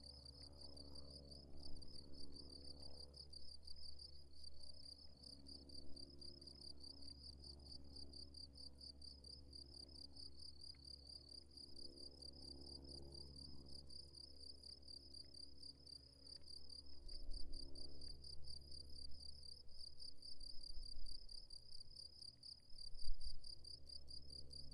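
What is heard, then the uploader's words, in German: Crickets chirp in a dense, steady high pulse across a hollow on a hilltop, over a low wind rumble that swells briefly near the end. Eine Kuhle im Bergrücken des Hesselbergs. Hatte 3 Mikrophone mit.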